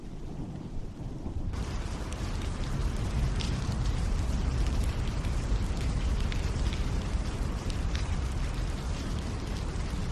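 Rain begins abruptly about a second and a half in, over a low rumbling backdrop, then settles into a steady, dense hiss. Scattered brighter drips and splashes stand out against it, while a deep, constant rumble carries on underneath throughout.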